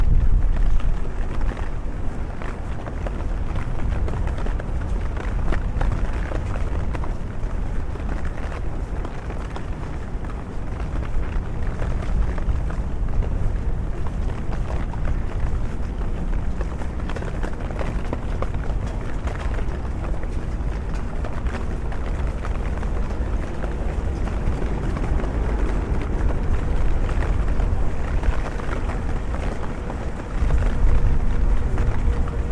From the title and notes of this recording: LONDON CITY WALK UNDER THE RAIN ASMR AMBIENT NOISES. The podcast features a walk in London, under the rain.